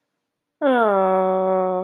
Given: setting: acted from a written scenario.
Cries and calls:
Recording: vocal sound without words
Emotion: sympathy

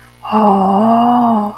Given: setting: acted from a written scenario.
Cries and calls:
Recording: vocal sound without words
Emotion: awe

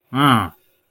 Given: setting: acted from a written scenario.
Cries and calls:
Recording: vocal sound without words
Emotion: contempt

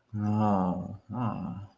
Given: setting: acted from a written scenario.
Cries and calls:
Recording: vocal sound without words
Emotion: romantic love

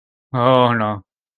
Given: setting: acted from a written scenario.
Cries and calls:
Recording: vocal sound without words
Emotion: embarrassment

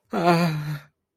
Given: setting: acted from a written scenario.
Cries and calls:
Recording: vocal sound without words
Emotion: fear

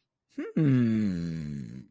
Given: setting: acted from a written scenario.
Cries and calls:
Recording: vocal sound without words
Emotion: interest

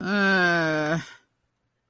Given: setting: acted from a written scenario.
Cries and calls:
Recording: vocal sound without words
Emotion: shame

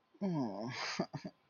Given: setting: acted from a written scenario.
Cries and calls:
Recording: vocal sound without words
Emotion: guilt

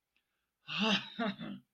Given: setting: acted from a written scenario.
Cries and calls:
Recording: vocal sound without words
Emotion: disappointment

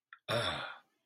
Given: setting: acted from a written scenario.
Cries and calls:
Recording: vocal sound without words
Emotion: relief

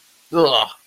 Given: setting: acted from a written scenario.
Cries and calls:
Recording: vocal sound without words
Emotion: disgust

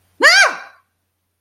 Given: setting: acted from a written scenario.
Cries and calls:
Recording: vocal sound without words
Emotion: fear

